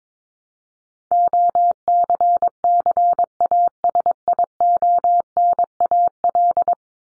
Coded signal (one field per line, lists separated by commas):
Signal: Morse code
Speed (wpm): 22 wpm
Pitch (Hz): 700 Hz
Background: none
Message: OCCASIONAL